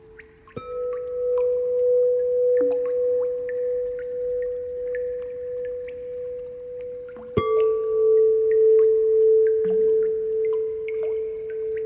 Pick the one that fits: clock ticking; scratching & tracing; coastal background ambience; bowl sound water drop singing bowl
bowl sound water drop singing bowl